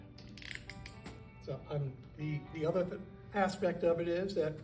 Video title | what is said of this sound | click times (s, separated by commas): Donning and Doffing with Pin Lock System | have to stand and there's the sound. | 0.2 s, 0.4 s, 0.5 s, 0.7 s, 0.9 s